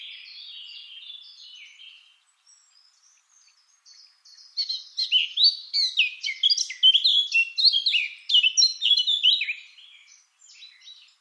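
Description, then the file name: Eurasian blackcap: soft subdued warbling and a near-silent pause, then a loud, fast burst of scratchy, twittering notes lasting several seconds before dying away. "Sylvia atricapilla"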